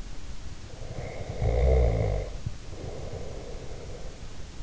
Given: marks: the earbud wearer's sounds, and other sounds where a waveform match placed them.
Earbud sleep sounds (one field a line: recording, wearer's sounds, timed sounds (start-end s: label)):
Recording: sounds in sleep by an in-ear microphone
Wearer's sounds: snoring breath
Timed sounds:
0.64-4.16 s: snoring breath